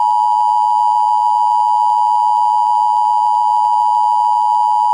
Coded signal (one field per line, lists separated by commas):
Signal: Emergency Alert System (SAME) tones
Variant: 853 and 960 Hz attention tone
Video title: EAS Scenario: Pinewood Builders Computer Core